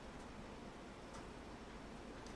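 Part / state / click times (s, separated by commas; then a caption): PC component into slot / not seated / none. A PC component is handled as it is guided sideways into its slot, with only a steady background hiss and a few faint, light taps. The part has not gone home yet, and nothing has clicked or seated.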